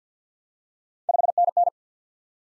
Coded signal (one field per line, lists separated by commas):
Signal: Morse code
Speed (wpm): 50 wpm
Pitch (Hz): 700 Hz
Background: none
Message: 5NN